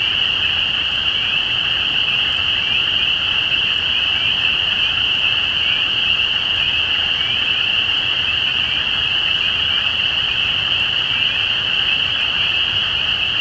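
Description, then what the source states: Spring peeper chorus, a dense high shrilling wall with clear upslurred peeps repeating through it. Recorded at Easter 2017.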